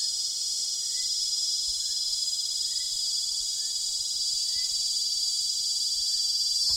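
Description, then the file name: Cicada calling with a loud, unbroken, high-pitched buzzing drone; faint short chirps sound now and then beneath it. Recorded near Tzaneen. "P semiclara nr Tzaneen"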